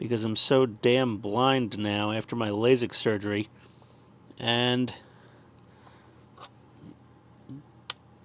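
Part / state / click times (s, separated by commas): clip-in part on a diecast model car / seated / 7.9 s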